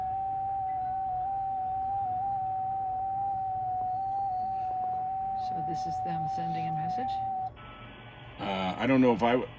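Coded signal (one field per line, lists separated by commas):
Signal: FT8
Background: speech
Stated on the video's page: Amateur radio field day operation at a mountain pass dispersed camping area.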